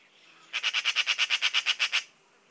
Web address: Bird Only More Classes Pi Pi Pi Pi